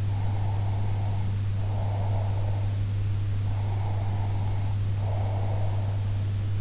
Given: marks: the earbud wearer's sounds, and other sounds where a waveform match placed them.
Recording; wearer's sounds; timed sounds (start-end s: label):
sounds in sleep by an in-ear microphone; breath
0.00-2.77 s: breath
3.51-6.43 s: breath